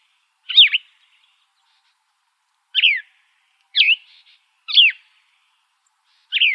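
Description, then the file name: Gray vireo song: five short, mostly descending phrases. A longer pause follows the first, then the other four come closer together. Recorded on 28 August 2005. "GRVI 7 deviche"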